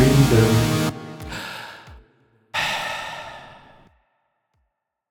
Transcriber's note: breath